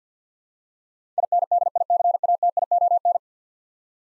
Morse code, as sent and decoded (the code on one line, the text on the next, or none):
.. -. -.. .. -.-. .- - .. --- -.
INDICATION